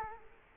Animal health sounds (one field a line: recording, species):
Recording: mosquito wingbeat signal from an infrared sensor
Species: Culex quinquefasciatus